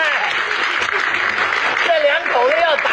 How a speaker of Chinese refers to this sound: 你这玩意儿唱，人家高兴，大伙都鼓掌。